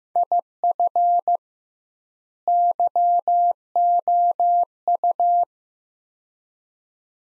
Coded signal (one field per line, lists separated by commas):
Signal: Morse code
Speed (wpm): 15 wpm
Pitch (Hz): 700 Hz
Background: none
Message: IF YOU